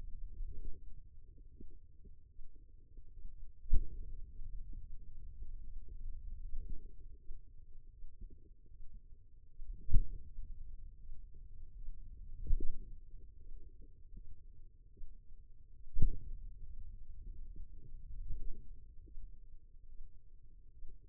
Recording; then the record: forearm muscle sounds (acoustic myography)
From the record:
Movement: finger pinch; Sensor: system 2, bracelet of six BSWA MPA416 microphones around the upper forearm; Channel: 3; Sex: female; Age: 25 years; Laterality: right